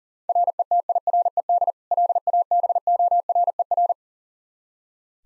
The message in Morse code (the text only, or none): RETIRED LABORER